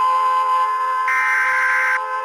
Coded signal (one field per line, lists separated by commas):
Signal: Emergency Alert System (SAME) tones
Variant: header bursts